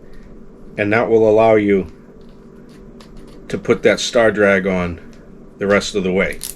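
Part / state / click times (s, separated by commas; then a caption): star drag onto baitcasting reel shaft against click washer / not seated / none. Someone talks while holding the level wind in place and threading the star drag the rest of the way onto the shaft of an Abu Garcia Pro Max baitcasting reel, toward its metal click washer. Only faint handling noise is heard between the words, and nothing has seated or clicked yet.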